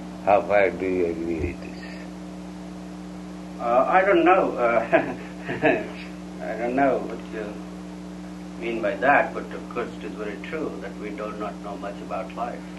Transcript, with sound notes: How far do you agree with this?
I don't know. [laughs] I don't know what you mean by that, but of course it is very true that we do not know much about life,